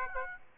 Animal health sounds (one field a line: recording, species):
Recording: mosquito wingbeat signal from an infrared sensor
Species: Aedes aegypti